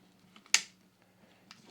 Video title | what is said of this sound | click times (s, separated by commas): BLACKHAWK! T-Series L2C Overt SPR XD | Can you hear that clicking? | 0.5 s